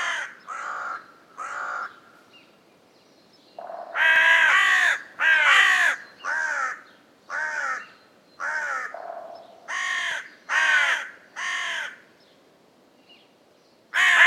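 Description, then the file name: Carrion crow giving a long series of harsh, hoarse caws, some louder and longer than others, with short quiet gaps between bursts. "Corvus corone"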